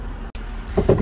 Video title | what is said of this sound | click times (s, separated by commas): Bmw trailer receiver hitch #shorts | it locks in underneath, hooks in, press it down, and it locks in place, | 0.8 s, 0.9 s